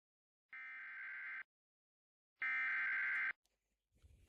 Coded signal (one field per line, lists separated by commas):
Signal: Emergency Alert System (SAME) tones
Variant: header bursts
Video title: TORNADO WARNING in St. Louis